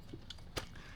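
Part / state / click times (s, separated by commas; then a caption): reflector into Bowens mount of LED video light / seated / 0.6 s. A small reflector is pushed onto the Bowens mount of a Colbor CL60 COB LED video light, and it snaps into place. A faint tick is heard at 0.3 s, then a sharp, broadband snap at 0.6 s as the reflector seats, with a softer tick after it. The reflector is now securely seated on the mount.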